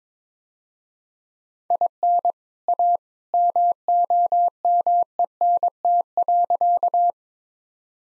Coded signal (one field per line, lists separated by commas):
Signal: Morse code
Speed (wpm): 22 wpm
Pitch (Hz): 700 Hz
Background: none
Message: IN A MOMENT.